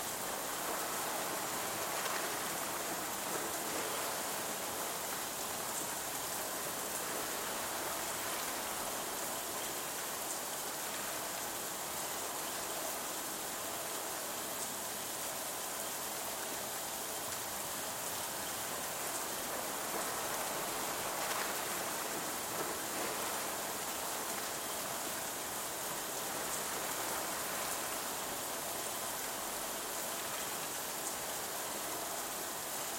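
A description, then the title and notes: Rain falls steadily with a running stream, a dense, even hiss that holds the same level for the whole stretch. The sound is bright, thick with fine patter and splashing, with slight swells every few seconds but no distinct separate events. A Week in New Hampshire - Sounds of Nature. Just the nature sounds.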